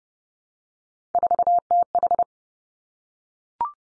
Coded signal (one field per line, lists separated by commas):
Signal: Morse code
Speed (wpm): 30 wpm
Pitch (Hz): 700 Hz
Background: none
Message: 4TH